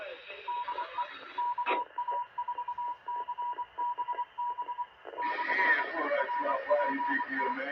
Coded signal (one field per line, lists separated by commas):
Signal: Morse code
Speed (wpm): 24 wpm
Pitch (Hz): 970 Hz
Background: speech, radio noise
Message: DE KA4CBB / RPT